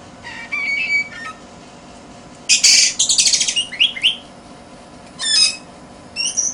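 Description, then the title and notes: Oriental magpie-robin singing a mix of scratchy bursts and clear whistles, delivered in separate phrases with gaps. "suara kacer. kumpulan suara burung kacer"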